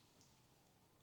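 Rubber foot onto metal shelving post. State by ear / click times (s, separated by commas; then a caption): not seated / none. A right-angle rubber foot is lined up on the end of a metal post of a 5-tier adjustable heavy-duty metal storage shelf rated for 1750 lbs, and pushed on; it fits only one way. Faint handling noise is heard, with a brief soft bump at about 0.2 s. Nothing has seated or clicked yet.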